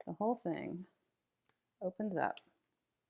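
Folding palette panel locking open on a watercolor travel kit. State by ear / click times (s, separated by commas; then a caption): not seated / none. Someone talks while opening out a folding watercolor travel palette, handling the hinged plastic panel that swings open to lock in position. Between two bursts of speech there is only a faint tick near 1.5 s, and nothing has seated or clicked into place yet.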